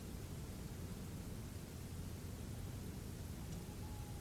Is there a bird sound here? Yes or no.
no